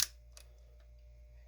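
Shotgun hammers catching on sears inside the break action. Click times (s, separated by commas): 0.4 s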